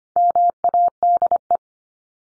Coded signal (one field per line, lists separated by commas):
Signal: Morse code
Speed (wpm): 25 wpm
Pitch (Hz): 700 Hz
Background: none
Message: MADE